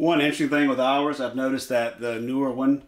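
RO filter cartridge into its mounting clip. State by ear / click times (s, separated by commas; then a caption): not seated / none. A replacement reverse osmosis filter cartridge for an Apec ROES-PH75 system is handled near its plastic mounting clip on the filter system while someone talks throughout. Nothing has seated or clicked yet; when it is pressed in later, it clicks in only barely, with a looser fit than it used to have, possibly from a clip worn after up to five years.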